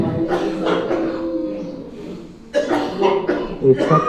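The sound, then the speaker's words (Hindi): Several short, sharp coughs break out from a group of people during a Patanjali yoga breathing exercise class, following a stretch of steady, sustained voiced breathing or humming. The coughs come in a few irregular bursts. “एक साथ करेंगे, जिनको खांसी आ रही है उनका उल्टा सही हो रहा है मतलब।”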